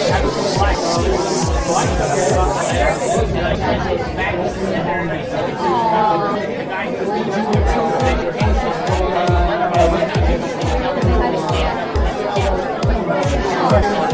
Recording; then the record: background sound without coughing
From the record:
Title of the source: Nightlife Party Simulating Party Club Noise 1 Hour